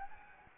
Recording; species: mosquito wingbeat signal from an infrared sensor; Anopheles gambiae